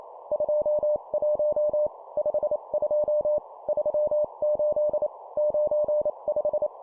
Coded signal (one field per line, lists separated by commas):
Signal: Morse code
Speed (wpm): 28 wpm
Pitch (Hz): 600 Hz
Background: none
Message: 21 52 38 95